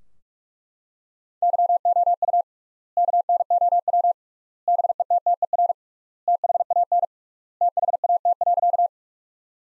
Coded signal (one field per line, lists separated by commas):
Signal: Morse code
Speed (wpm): 42 wpm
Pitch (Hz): 700 Hz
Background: none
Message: YOU KNOW BETTER THAN THAT.